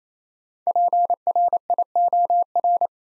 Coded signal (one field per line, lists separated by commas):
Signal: Morse code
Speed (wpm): 29 wpm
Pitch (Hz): 700 Hz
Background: none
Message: PRIOR